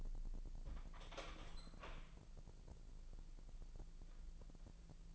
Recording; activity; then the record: daily activity, microphone in the room; open door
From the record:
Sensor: 5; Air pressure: 1001.2 hPa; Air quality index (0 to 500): 248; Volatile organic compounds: 35 ppm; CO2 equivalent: 3057 ppm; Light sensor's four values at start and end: 30/68/26/23 and 28/66/25/22